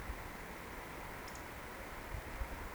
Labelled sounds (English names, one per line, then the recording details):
Eurasian Woodcock whistle
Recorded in Baden-Württemberg, Germany, on 17 June 2020 at 20:21 UTC
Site 14569, 102 m above sea level